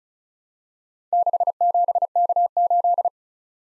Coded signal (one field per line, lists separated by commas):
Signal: Morse code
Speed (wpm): 36 wpm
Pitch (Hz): 700 Hz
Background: none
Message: 67K8